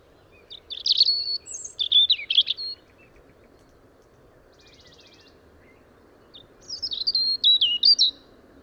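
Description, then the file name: European robin song: two high, sparkling phrases of thin whistles and quick twittering trills, separated by a pause of about four seconds, over a steady low hum. "Erithacus rubecula"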